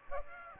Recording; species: mosquito wingbeat signal from an infrared sensor; Aedes aegypti